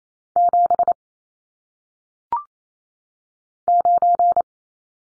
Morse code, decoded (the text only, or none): 7 9